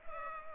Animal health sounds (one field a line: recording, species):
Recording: mosquito wingbeat signal from an infrared sensor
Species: Culex pipiens